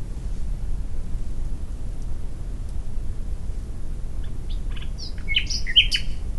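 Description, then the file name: Common nightingale song: several seconds of only low rumble, then a short burst of sharp chirps and quick notes near the end. "Luscinia megarhynchos"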